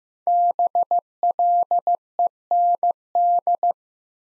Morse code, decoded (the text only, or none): BLEND